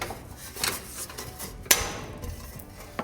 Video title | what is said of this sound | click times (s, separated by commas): Grandpa's Garage needs some Riz | That's stripped. | 1.7 s